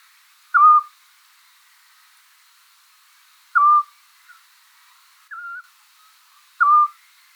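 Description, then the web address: Eurasian scops owl giving short, clear whistled notes, repeated evenly about every three seconds, with one fainter, slightly higher whistle between the last two; quiet background hiss. "otus scops call"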